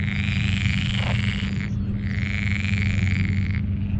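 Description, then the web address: Pool frogs in a continuous chorus of rattling, croaking calls, one dense layer of sound that thins briefly near the middle. Frogs calling on a moor. "kleinerwasserfrosch. rufen jetzt die froesche im taevsmoor"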